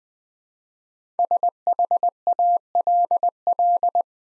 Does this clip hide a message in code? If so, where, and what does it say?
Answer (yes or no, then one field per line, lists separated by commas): yes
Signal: Morse code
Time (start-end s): 1.2-4.0 s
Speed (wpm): 20 wpm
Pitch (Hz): 700 Hz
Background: none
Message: SHALL